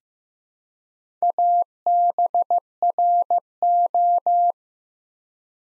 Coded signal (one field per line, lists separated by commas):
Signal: Morse code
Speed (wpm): 15 wpm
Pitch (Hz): 700 Hz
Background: none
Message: ABRO